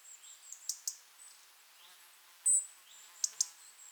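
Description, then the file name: European robin tick calls: sharp, clicky ticks in pairs, plus one thin, high, drawn-out note midway, over a faint high hiss. "Erithacus rubecula"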